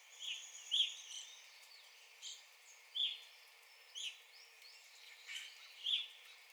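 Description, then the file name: Evening grosbeak calls: short, clear chirping notes given singly at uneven intervals, several in all, over a soft steady hiss. Recorded 9 April 2021. "2021-04-09 Evening Grosbeak"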